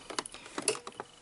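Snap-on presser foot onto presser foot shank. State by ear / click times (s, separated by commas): not seated / none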